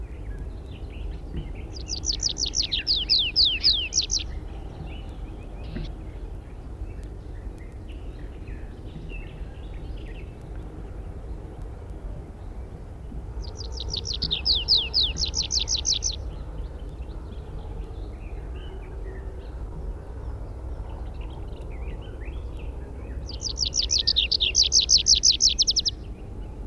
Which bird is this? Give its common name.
Tree Pipit